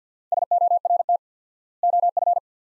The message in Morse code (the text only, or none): SORT OF